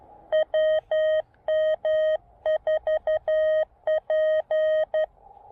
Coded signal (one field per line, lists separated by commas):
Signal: Morse code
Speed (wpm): 11 wpm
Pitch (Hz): 1850 Hz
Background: none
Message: WM4P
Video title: Saturday Morning POTA Activation 1: Pairing the KX2 and AX1 at South Mountains State Park